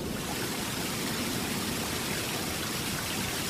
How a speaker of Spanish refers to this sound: Me quedé dormida escuchando al río.